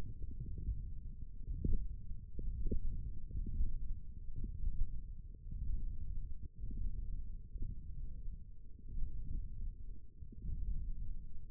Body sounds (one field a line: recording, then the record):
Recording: forearm muscle sounds (acoustic myography)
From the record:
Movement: hand closing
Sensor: system 1, eight BSWA MPA416 microphones around the upper forearm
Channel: 2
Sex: male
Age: 20 years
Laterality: left